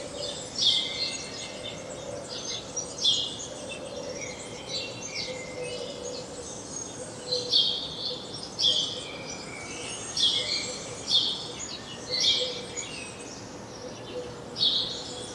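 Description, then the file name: House sparrow calls: repeated harsh chirps in loose clusters, irregularly spaced over fifteen seconds, with a constant low hum and hiss beneath. "Passer domesticus"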